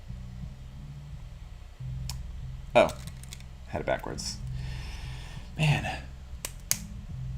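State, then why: Seated. A plastic model kit part, turned around after earlier failed tries, is pressed into its mating part while someone talks over a low steady hum. Small clicks sound at 2.1 s and 6.5 s, then the pieces snap together with a sharp click at 6.7 s. The part is seated: not the snappiest snap, but a pretty good one.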